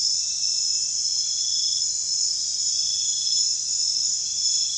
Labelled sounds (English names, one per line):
none